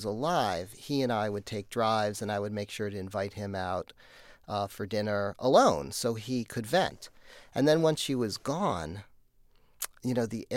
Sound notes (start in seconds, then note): none